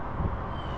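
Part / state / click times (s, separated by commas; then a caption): aftermarket carbon fiber hood into the car's hood latch / not seated / none. An aftermarket Seibon carbon fiber hood on a Lexus IS 200t is handled over the car's hood latch after a gentle close failed to latch it. Only steady low, rumbling wind-like noise is heard, with no distinct impact. Nothing has latched or clicked yet.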